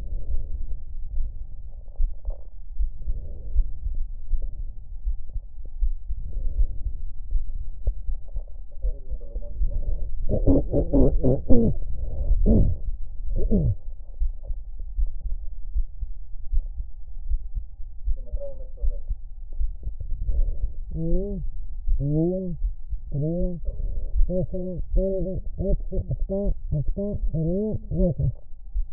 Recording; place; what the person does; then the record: lung sounds by stethoscope; right posterior apical chest; quiet breathing, then cough and speech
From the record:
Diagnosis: pulmonary infection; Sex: female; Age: 74 years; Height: 160 cm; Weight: 66 kg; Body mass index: 25.8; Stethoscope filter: extended mode